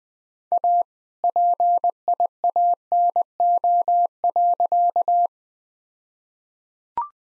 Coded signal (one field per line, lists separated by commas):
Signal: Morse code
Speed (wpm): 20 wpm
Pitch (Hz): 700 Hz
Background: none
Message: A PIANO.